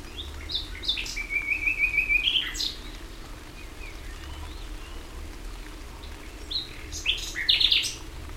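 Common nightingale song: a buzzy trilled phrase of quick repeated notes, a pause of several seconds, then another sharp chattering phrase, over low background rumble.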